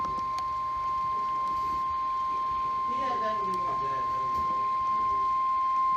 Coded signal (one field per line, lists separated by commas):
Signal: Emergency Alert System (SAME) tones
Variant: 1050 Hz attention tone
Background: speech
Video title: EAS #175 - Tornado Warning